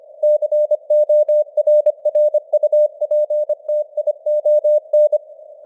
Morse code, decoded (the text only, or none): CORRUPTION